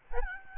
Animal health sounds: mosquito wingbeat signal from an infrared sensor; Aedes albopictus

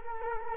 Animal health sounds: mosquito wingbeat signal from an infrared sensor; Culex quinquefasciatus

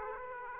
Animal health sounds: mosquito wingbeat signal from an infrared sensor; Aedes aegypti

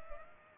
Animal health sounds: mosquito wingbeat signal from an infrared sensor; Culex pipiens

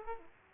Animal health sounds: mosquito wingbeat signal from an infrared sensor; Aedes aegypti

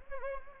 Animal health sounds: mosquito wingbeat signal from an infrared sensor; Anopheles gambiae

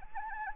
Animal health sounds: mosquito wingbeat signal from an infrared sensor; Anopheles gambiae

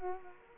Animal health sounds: mosquito wingbeat signal from an infrared sensor; Culex quinquefasciatus

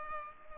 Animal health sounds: mosquito wingbeat signal from an infrared sensor; Culex pipiens

